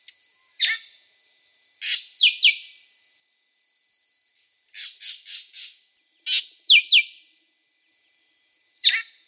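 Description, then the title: Drongo song with rasping high bursts and paired descending whistled chips, plus a short run of rapid buzzy notes, spaced irregularly over a faint constant hiss. "Suara Srigunting. Hobiburung. suara burung srigunting"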